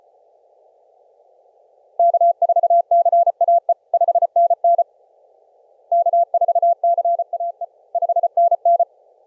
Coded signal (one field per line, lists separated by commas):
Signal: Morse code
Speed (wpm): 34 wpm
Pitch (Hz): 690 Hz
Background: none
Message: K4CAE 5NN K4CAE 5NN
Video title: Clipperton Island on 10 meters CW